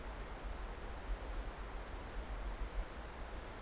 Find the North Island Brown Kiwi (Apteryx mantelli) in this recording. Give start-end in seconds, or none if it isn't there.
none